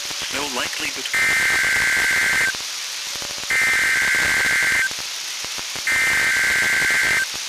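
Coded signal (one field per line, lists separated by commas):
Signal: Emergency Alert System (SAME) tones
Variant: header bursts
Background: speech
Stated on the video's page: NOAA Weather Radio required weekly tests.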